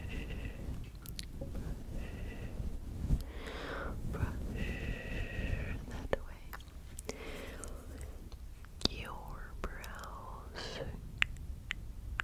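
Close, wet mouth sounds and sharp tongue clicks scattered irregularly through the clip, with a few louder pops near 3, 9 and 11 seconds. Soft breathy whispers and smacking rise and fall between them over a constant low rumbling hum.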